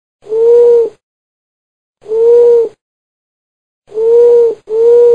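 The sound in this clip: Owl hooting in four clean, steady mid-pitched notes, each lasting under a second, with silence between them and the last two coming close together.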